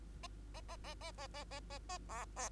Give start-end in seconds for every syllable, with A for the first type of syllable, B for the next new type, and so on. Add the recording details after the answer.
0.23-0.27 A, 0.54-0.61 A, 0.69-0.77 A, 0.84-0.94 A, 1.01-1.11 A, 1.18-1.27 A, 1.34-1.44 A, 1.51-1.60 A, 1.70-1.78 A, 1.89-1.98 A, 2.09-2.25 B, 2.36-2.49 B. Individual Bird2